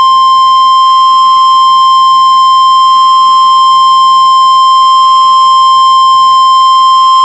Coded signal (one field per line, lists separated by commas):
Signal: Emergency Alert System (SAME) tones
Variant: 1050 Hz attention tone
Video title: Real NOAA Weather Radio EAS Alert #322